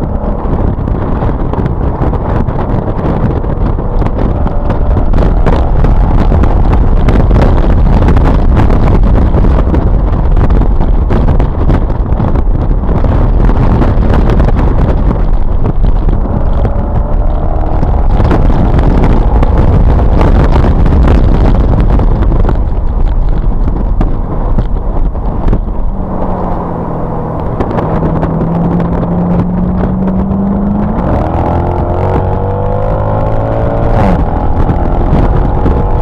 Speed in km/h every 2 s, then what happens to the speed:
89, 92, 106, 124, 106, 95, 87, 87, 103, 127, 129, 113, 74, 56, 56, 74, 101, 114.
0-7 speeds up to 124. 7-11 brakes to 87. 14-20 speeds up to 129. 20-28 brakes to 56. 28-36 speeds up to 114.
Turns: 10-18, 23-30.